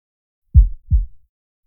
Heartbeat.